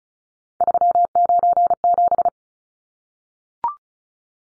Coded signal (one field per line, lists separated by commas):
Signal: Morse code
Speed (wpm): 34 wpm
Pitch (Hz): 700 Hz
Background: none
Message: 397